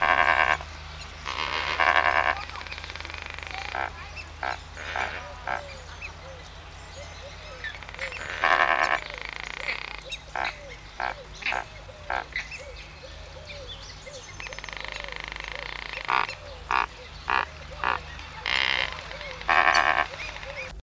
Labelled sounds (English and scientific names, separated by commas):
Lesser Flamingo (Phoeniconaias minor) call